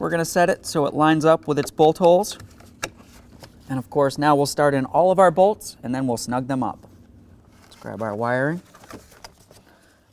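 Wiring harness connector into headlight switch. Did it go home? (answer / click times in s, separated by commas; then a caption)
yes / 9.2 s. Someone talks while the wiring harness plug is pushed back onto a new headlight switch on a 2006-2010 Dodge RAM, with a few small handling noises near the end. The connector clicks in at 9.3 s and is seated.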